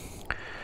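A rider pulls the release pull-tab at the bottom of an SW-Motech Daypack Pro tank bag on a V-Strom, so its quick-release base lets go of the tank ring on the motorcycle tank. A single sharp click sounds at 0.3 s over a quiet, steady background. The latch is released and the bag comes free in his hand.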